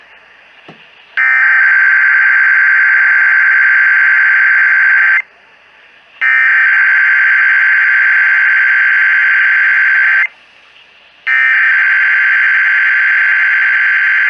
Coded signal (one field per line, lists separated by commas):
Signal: Emergency Alert System (SAME) tones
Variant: header bursts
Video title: MORE TESTS FROM DIFFERENT AREAS... EAS Tests from 4/5/2021-4/28/2021 (EAS #502-534)